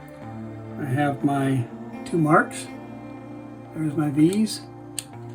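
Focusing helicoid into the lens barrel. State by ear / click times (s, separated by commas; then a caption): seated / 5.0 s. Someone talks over soft background music while lining up the metal focusing helicoid of a Nikon 35mm f/2 manual lens on its alignment marks and turning it into the lens barrel during reassembly. A sharp, short click at 5.0 s marks the helicoid dropping into place and engaging, so it is seated with no height measuring needed.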